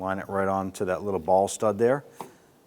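Someone talks while the bottom socket of a trunk lid lift support (gas strut) on a 2005-2007 Ford Five Hundred is lined up with the metal ball stud on the trunk hinge and pushed toward it. Only speech is heard, and nothing has seated or clicked yet.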